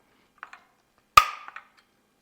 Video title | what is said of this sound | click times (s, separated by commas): 2018-2022+ BMW X2 5-dr SUV with Flush Rails - Thule's Best Roof Rack | and that would indicate that you've reached the full tightness and you'll hear that click in just a moment | 1.2 s